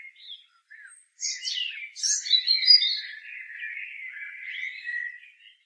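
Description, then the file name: European robin song: a few soft notes, then a burst of high sliding whistles leading into a long, wavering warbled trill. "Erithacus rubecula"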